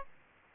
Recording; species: mosquito wingbeat signal from an infrared sensor; Aedes aegypti